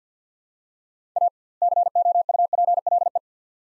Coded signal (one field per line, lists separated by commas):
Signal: Morse code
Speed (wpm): 50 wpm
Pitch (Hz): 700 Hz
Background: none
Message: A COUPLE